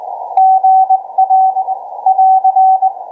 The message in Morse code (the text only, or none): GA <AR>